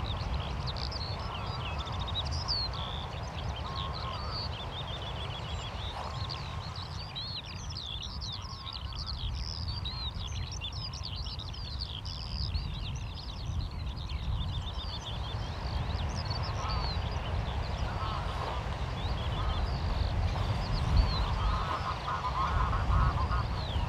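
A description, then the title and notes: Waves roll along the Omø coastline with a steady low rumble and wash that stays fairly even throughout. Above it, many birds chatter and call in dense, overlapping bursts, with duck-like quacking and honking that thickens after about twenty seconds. Waves and bird life: Ambience from a walk along Omø coastline.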